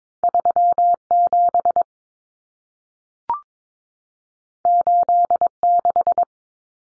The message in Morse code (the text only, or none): 37 86